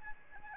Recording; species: mosquito wingbeat signal from an infrared sensor; Aedes albopictus